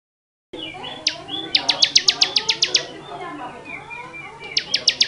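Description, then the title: Bar-winged prinia song: a fast run of sharp, high clicking notes in one burst, then a shorter burst, with softer warbling behind. Long-duration song used to train cage birds. "Suara Ciblek Semi Durasi Panjang"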